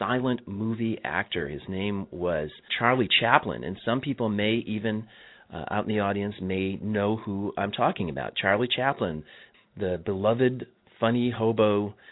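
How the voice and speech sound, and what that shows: A single adult man speaks fluently in a low voice with a relaxed lecturing tone and natural pauses between phrases. Articulation is clear and voice quality is ordinary, with no sign of a speech or voice disorder.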